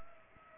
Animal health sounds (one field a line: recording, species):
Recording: mosquito wingbeat signal from an infrared sensor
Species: Culex pipiens